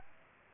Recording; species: mosquito wingbeat signal from an infrared sensor; Aedes aegypti